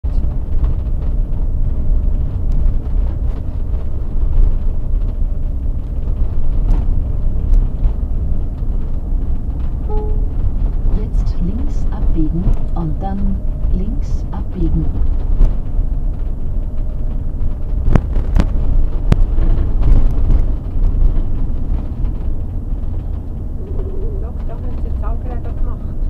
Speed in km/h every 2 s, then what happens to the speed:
25, 24, 24, 25, 27, 27, 25, 25, 25, 22, 22, 22, 22.
0-26 steady at about 25.